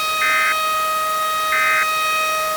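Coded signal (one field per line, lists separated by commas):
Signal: Emergency Alert System (SAME) tones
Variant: end-of-message bursts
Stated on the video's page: Fictional EAS scenario of a tornado.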